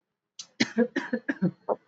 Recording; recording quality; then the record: heavy voluntary cough; excellent, no background noise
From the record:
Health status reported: exposed to COVID-19, no respiratory illness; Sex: male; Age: 20 years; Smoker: no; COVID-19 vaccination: both doses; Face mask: worn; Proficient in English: yes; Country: India